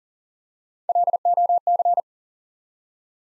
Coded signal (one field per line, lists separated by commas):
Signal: Morse code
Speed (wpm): 40 wpm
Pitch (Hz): 700 Hz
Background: none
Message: LOC